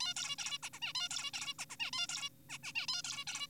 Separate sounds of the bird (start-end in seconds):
0.01-0.14, 0.17-0.36, 0.39-0.58, 0.63-0.70, 0.73-0.79, 0.82-0.93, 0.95-1.09, 1.11-1.31, 1.34-1.54, 1.59-1.65, 1.70-1.77, 1.80-1.91, 1.93-2.07, 2.09-2.29, 2.50-2.58, 2.63-2.73, 2.75-2.86, 2.89-3.02, 3.04-3.25, 3.27-3.47